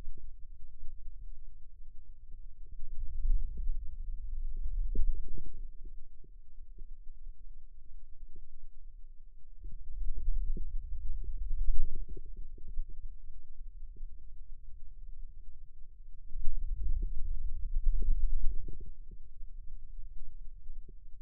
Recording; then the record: forearm muscle sounds (acoustic myography)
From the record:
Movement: wrist extension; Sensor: system 2, bracelet of six BSWA MPA416 microphones around the upper forearm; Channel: 5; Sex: male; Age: 22 years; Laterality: right